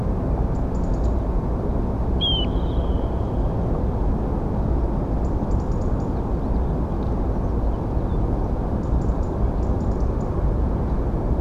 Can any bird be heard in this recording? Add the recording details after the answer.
yes. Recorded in France